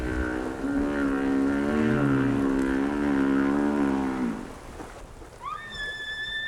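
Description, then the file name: Whale moan, a long steady harmonic tone lasting about four seconds, then short rising whistled sweeps near the end. "tower whales"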